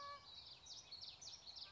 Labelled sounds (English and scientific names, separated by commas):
Common Yellowthroat (Geothlypis trichas)